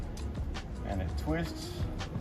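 A Haloview BT7 backup camera cable's twist-lock plug is handled at the Furrion prewired camera connector on a Grand Design 260RD RV, with the plug going in one way and then twisting. Someone talks over background music, and a brief sharp sound comes at 0.2 s. The plug has not locked into place yet, and nothing has seated or clicked.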